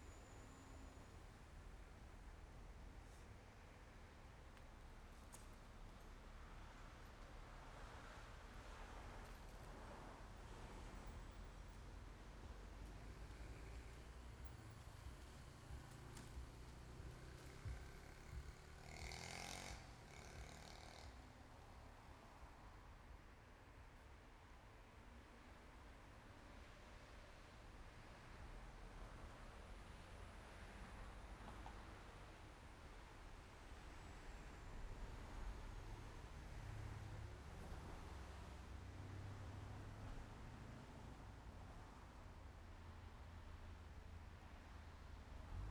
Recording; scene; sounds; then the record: everyday scene through a hearing-aid microphone; in traffic; traffic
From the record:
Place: main road on the outskirts, rush hour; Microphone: behind the ear, left, front